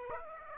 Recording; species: mosquito wingbeat signal from an infrared sensor; Aedes aegypti